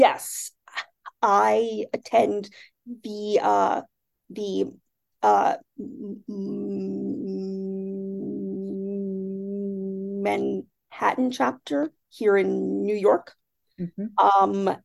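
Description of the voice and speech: Adult woman who stutters repeats "the" and holds a voiced sound for about four seconds before "Manhattan": stuttered speech with repetitions and blocks.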